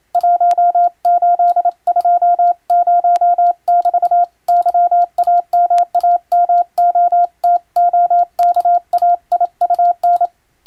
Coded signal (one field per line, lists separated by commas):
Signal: Morse code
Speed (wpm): 27 wpm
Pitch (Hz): 700 Hz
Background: none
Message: 1820<BT> YAMAMOTOKAIUN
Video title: 【モールス無線電報】珍！今ではもう聞こえない船と陸を結ぶ貴重な通信方法！船舶にはモールスを打つ無線通信士が乗船していました。当時を思い出して聴いてみませんか？ morse code practice